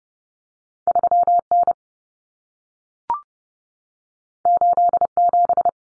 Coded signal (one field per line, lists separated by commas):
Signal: Morse code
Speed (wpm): 30 wpm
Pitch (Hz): 700 Hz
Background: none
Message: 3N 87